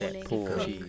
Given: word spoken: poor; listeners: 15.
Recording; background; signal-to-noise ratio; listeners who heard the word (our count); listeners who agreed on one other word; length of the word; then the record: one English word in noise, from a listening test; four-talker babble; 0.9 dB; 4 of 15; 7 of 15; 0.49 s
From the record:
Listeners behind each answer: 7, 4, 1, 1, 1, 1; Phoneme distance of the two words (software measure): 17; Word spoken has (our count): 1 syllable, 2 phonemes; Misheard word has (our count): 1 syllable, 3 phonemes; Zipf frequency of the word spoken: 5.05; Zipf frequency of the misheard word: 4.39